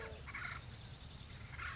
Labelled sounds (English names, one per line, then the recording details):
Acorn Woodpecker
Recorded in Sonoma County, California